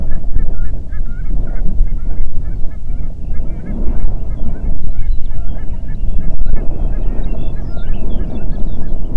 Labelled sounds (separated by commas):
songbird, waterfowl, wind